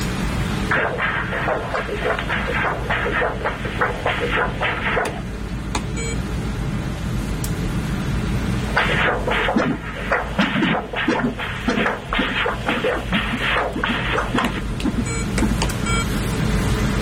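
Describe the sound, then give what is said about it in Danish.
A Doppler ultrasound of blood flowing across the pulmonary valve, from the heart out to the lungs: rhythmic whooshing pulses repeat in bursts, each a rough, rising swish, with a steady low hum underneath and no talking. “Nu skal jeg se, hvordan, hvor stor pulsåren op i lungerne er, og hvordan blodet løber hen over klappen.”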